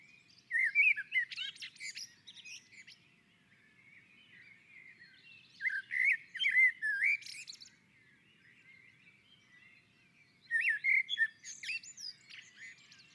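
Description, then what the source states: Common blackbird song in three separate phrases, rich warbling notes followed by scratchy high twitters, with quiet gaps between them. On a roof.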